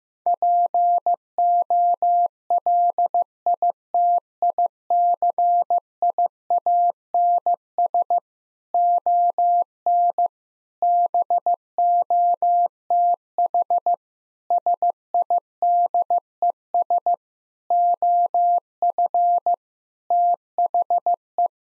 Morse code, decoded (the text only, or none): POLITICIANS ON BOTH SIDES OF THE